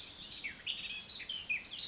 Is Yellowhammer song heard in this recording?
no